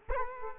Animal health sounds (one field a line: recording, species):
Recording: mosquito wingbeat signal from an infrared sensor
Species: Culex quinquefasciatus